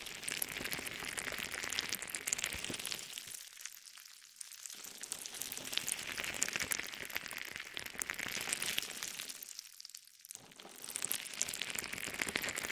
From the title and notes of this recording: ASMR Stress Relieving Jelly Sounds For Sleep.